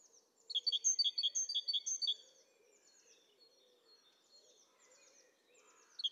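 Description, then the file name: Great tit sings one burst of repeated two-note phrases, followed by quieter high twittering and a faint low hum. "Parus major"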